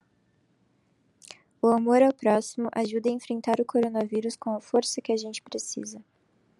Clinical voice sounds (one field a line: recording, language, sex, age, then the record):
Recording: spoken sentence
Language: Brazilian Portuguese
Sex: female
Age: 20 to 29 years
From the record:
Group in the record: control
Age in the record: 21 years